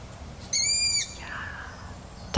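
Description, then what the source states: Long-eared owl call: one high, thin, squeaky drawn-out note lasting half a second, then quiet. Young long-eared owl that has left the nest, a branchling, sitting on a bare branch by the Gooimeer at 11:30 in the evening, in the silence of approaching night.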